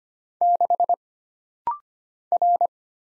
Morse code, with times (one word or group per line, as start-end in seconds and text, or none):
0.4-0.9 6
2.3-2.7 R